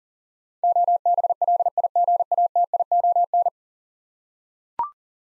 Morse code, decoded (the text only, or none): OBLIGATION